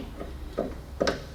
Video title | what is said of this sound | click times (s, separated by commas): Are Prius headlight bulbs hard to replace? | yep that was the click | 1.0 s, 1.1 s